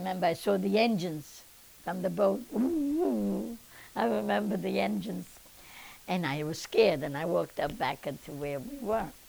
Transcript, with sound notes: I remember I saw the engines from the boat. ( imitates noise ) I remember the engines. And I was scared, and I walked up back to where we were.